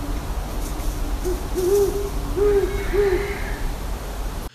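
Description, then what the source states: Great Horned Owl hooting: a low series of soft hoots, a few quick linked ones, then separate hoots. Hoot pattern likened to the mnemonic 'Who's awake? Me too': three quick linked notes, then two separate ones.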